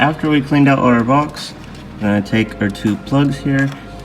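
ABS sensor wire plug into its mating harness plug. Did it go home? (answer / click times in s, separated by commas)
no / none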